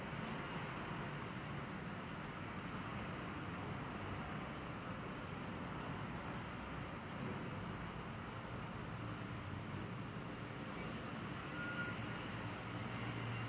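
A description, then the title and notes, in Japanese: Ambient sound recorded from a home window: a steady, dense wash of traffic noise with a low rumble of vehicles that holds level throughout. A brief high chirp stands out around four seconds, and a faint thin tone appears near twelve seconds. 私の家の窓辺から録音した環境音。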